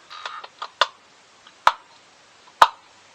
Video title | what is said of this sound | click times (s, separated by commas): M12 Lite Gimbal Replacement [ Frsky Taranis X-Lite Fix ] | go I hope you heard over clicked in so before I screw | 1.7 s, 2.6 s